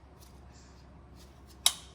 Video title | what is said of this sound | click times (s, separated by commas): KitchenAid Dishwasher Fix 2024 | You heard it click, it's in there. | 1.7 s